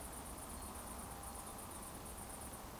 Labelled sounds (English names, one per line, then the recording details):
Eurasian Woodcock whistle
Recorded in Baden-Württemberg, Germany, on 24 June 2020 at 20:20 UTC
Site 14569, 102 m above sea level